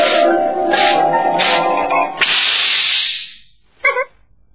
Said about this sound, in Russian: И Пятачок начал надувать шарик, а Винни-Пух держаться за веревочку